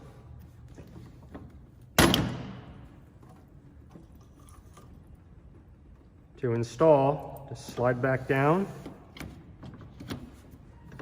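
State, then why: Not seated. A vertical stain roller is slid back down toward its holder on a StainTrac wood staining machine. A sharp loud knock comes at about 2.0 s with a short ringing tail, followed by quiet handling and someone talking. The roller has not yet seated or clicked into place.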